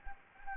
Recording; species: mosquito wingbeat signal from an infrared sensor; Anopheles gambiae